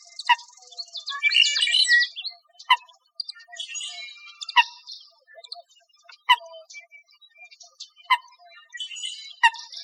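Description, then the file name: Bird calls, busy and overlapping: high chattering twitter at the start, then sharp ticking notes repeated every second or two with softer chirps between. Recorded 4 October 2004. "CR COMO 1 B 041004"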